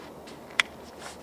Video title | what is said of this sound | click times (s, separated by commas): New Olight Javelot 1350 Lumens Long Range Flashlight | locks into place and there we go now the price on the javal lot is $104.99 | 0.6 s